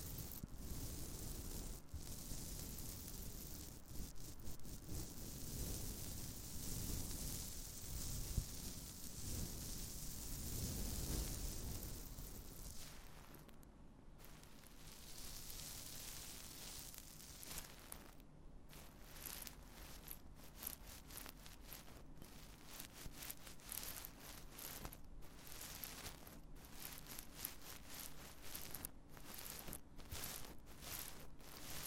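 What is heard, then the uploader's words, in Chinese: Mini-microphone ASMR tingle triggers: dense rain-like rustling scratches for thirteen seconds, then quieter low hum with scattered sharp taps and clicks until the end. 迷你麥克風刺痛觸發 | Brain Melting Triggers | NO Talking。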